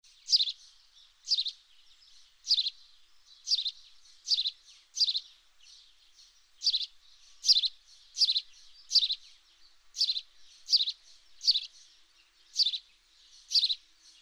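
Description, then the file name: House sparrow chirping steadily, about one chirp every second, with softer calls between. "Passer domesticus"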